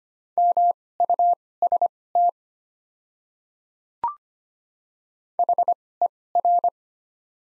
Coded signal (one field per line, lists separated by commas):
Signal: Morse code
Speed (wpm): 25 wpm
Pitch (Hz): 700 Hz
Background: none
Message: MUST HER